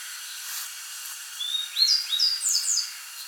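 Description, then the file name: A brief grey bunting song phrase: a rising thin whistle, then a quick cluster of high slurred notes lasting just over a second, with steady hiss. "Emberiza variabilis"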